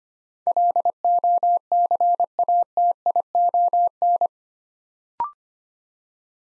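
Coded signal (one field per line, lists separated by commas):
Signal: Morse code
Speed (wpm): 25 wpm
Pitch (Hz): 700 Hz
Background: none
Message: LOCATION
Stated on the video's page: Morse code practice at 25 wpm: 8-letter words built up two letters at a time, for instant character recognition training.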